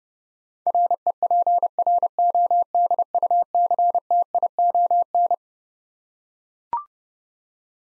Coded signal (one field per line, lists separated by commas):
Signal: Morse code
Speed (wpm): 30 wpm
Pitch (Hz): 700 Hz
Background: none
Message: REPRODUCTION